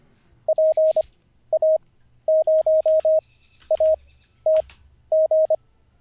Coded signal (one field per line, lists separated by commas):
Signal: Morse code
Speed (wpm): 25 wpm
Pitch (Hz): 630 Hz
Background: none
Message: PA0ATG